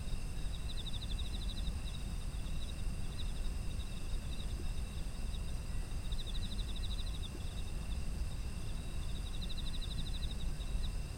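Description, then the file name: Insects chirping in fast pulsed trills, bursts returning every few seconds over steady high ringing tones and a constant low rumble. Autumn insects, ambient environmental sound. "秋の虫の環境音"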